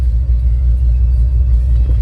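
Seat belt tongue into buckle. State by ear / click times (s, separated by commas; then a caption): not seated / none. The seat belt tongue is being brought toward the buckle by the driver inside a running truck, with a steady low engine rumble filling the whole clip. The belt has not clicked into the buckle yet; nothing has seated by the end of the clip.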